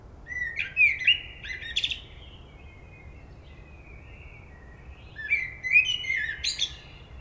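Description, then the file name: Common blackbird song in two phrases about five seconds apart. Each has rich warbled whistles followed by a scratchy high flourish. "Turdus merula"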